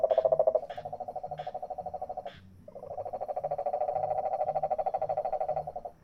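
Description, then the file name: Cane toad trilling in a long, even, low-pitched pulsed burst, a brief pause, then another sustained trill. Several cane toads recorded in San Jose, Costa Rica, on 17 July 2017. "2017-07-17 Cane Toads San Jose CR"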